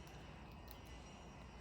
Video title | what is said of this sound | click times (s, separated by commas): Will the Motogadget mo.unit Blue work on my '73 H1 Scrambler??? | And hear that click. | 0.7 s